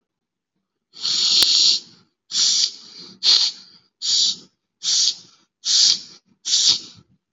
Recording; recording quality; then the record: shallow breathing; excellent, no background noise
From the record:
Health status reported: healthy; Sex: male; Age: 32 years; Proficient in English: yes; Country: India